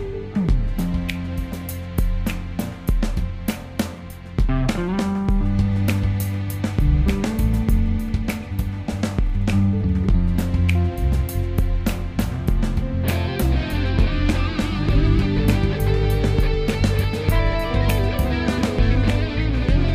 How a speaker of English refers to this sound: Turn that distortion off. Please. It fills so much frequencies. Please, guitar players, listen to me, please. Turn that fucking distortion off, please.